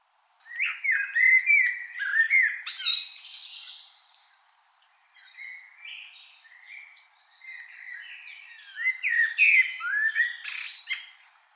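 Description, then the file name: Common blackbird delivering mellow flute-like phrases mixed with thin squeaky twitters, separated by brief pauses. "Turdus merula"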